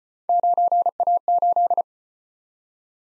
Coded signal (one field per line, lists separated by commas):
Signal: Morse code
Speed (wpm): 36 wpm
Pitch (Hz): 700 Hz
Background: none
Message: 9A8